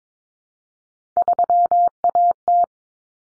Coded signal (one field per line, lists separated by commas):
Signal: Morse code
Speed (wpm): 22 wpm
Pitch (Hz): 700 Hz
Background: none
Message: 3AT